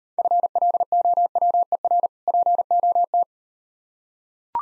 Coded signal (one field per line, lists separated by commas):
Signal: Morse code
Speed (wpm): 40 wpm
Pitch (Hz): 700 Hz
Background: none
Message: FLOWER POT